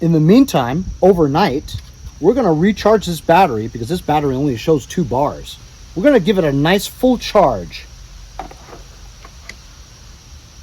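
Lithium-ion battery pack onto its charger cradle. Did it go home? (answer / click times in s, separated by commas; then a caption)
yes / 8.4 s, 9.5 s. Someone talks while a WESCO 60V 5Ah lithium-ion battery pack, which shows only two bars, is laid onto its charger cradle to recharge overnight, with a steady high-pitched insect-like drone in the background. The pack clicks into place at 8.4 s and 9.5 s. It is seated, and the charger's green LED starts flashing.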